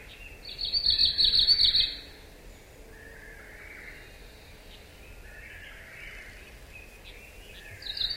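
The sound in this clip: Arctic warbler song: a dry, rapid trill of buzzy high notes lasting over a second, with another trill starting at the end.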